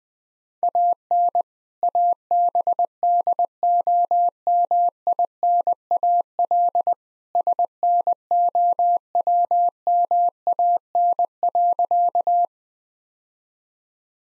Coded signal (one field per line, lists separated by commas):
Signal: Morse code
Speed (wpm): 21 wpm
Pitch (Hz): 700 Hz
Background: none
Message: AN ABDOMINAL SNOWMAN.